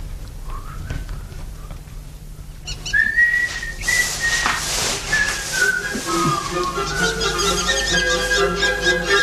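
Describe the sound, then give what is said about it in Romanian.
Someone whistles a wavering, fairly high melody that slides between notes, with a steady low background noise and scattered soft clatter underneath. “Data aceasta nu vei auzi decât fluieratul meu.”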